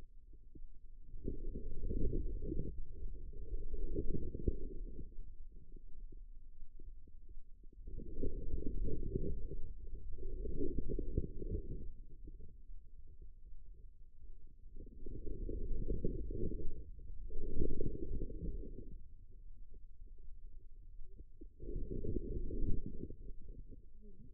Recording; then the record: forearm muscle sounds (acoustic myography)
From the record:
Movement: inward rotation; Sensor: system 2, bracelet of six BSWA MPA416 microphones around the upper forearm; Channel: 3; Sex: female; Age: 25 years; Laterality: right